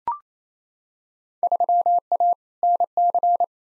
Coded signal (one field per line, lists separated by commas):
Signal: Morse code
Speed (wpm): 28 wpm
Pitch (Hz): 700 Hz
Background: none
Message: 3A NC